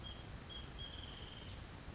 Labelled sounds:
Wrentit (Chamaea fasciata)
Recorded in Sonoma County, California

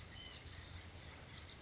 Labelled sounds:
White-breasted Nuthatch (Sitta carolinensis)
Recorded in Sonoma County, California

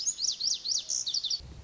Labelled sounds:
Lazuli Bunting (Passerina amoena)
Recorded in Sonoma County, California

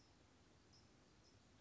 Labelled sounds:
California Towhee (Melozone crissalis)
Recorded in Sonoma County, California

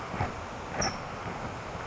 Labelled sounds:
California Towhee (Melozone crissalis)
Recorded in Sonoma County, California

